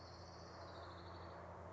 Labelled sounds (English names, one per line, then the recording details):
Orange-crowned Warbler
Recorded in Sonoma County, California